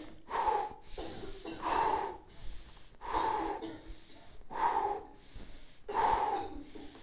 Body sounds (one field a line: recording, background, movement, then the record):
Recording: deep breathing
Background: a bystander coughing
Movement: sitting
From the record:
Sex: male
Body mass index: 22.0 kg/m2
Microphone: on the chest, facing outward